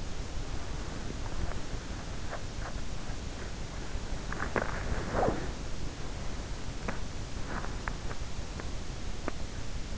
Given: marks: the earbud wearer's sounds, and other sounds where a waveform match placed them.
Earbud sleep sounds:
sounds in sleep by an in-ear microphone; teeth grinding, swallowing, body movement
0.00-2.90 s: teeth grinding
3.52-5.48 s: swallowing
3.88-5.82 s: body movement
6.69-9.54 s: teeth grinding

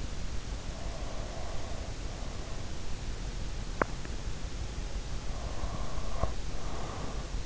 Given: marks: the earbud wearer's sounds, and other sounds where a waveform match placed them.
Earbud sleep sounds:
sounds in sleep by an in-ear microphone; breath, teeth grinding
0.36-3.07 s: breath
3.60-4.08 s: teeth grinding
5.21-7.46 s: breath

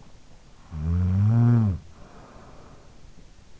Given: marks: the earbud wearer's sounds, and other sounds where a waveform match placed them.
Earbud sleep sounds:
sounds in sleep by an in-ear microphone; snoring breath
0.33-3.50 s: snoring breath

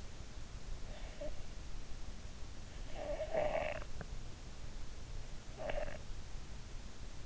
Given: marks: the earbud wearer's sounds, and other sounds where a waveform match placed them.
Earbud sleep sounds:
sounds in sleep by an in-ear microphone; breath
0.73-1.41 s: breath
2.70-4.15 s: breath
5.51-6.06 s: breath

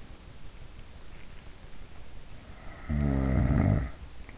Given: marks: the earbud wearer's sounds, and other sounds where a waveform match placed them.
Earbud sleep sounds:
sounds in sleep by an in-ear microphone; snoring breath
3.07-4.07 s: snoring breath

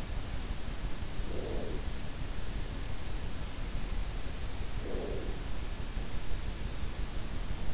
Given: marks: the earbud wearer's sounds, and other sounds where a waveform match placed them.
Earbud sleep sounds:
sounds in sleep by an in-ear microphone; breath
0.92-2.35 s: breath
4.43-5.60 s: breath

